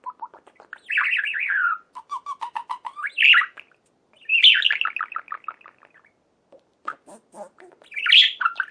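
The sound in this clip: Budgerigar warbling chatter: rapid clicking ticks mixed with scratchy, wavering chirps, in several bursts with brief pauses between them.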